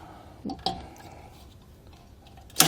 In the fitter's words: put it into that position there where it locks in place